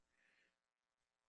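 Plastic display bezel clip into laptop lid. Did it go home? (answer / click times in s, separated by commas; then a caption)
no / none. A plastic display bezel clip on a laptop lid, mostly snapped in with a small gap left, is handled and pressed. There is a faint, soft band of noise around 2 kHz early on, then a low, quiet hum. Nothing has seated or clicked yet.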